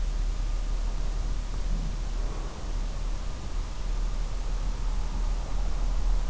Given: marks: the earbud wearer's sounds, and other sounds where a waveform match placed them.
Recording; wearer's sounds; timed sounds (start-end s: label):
sounds in sleep by an in-ear microphone; breath
1.16-3.30 s: breath